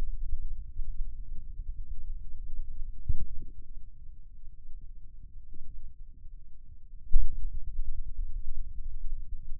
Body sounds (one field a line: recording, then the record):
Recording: forearm muscle sounds (acoustic myography)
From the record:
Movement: ulnar deviation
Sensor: system 2, bracelet of six BSWA MPA416 microphones around the upper forearm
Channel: 5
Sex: male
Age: 22 years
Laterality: right